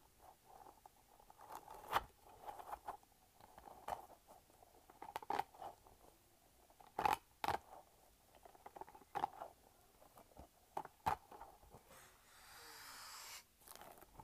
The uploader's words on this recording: ASMR Light-Up Spiky Ball.